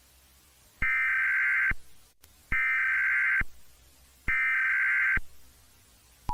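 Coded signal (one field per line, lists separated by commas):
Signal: Emergency Alert System (SAME) tones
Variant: header bursts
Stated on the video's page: Fictional EAS scenario with alert tones; events and individuals are fictional.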